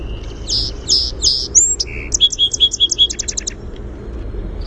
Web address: naturesounds SOSP-song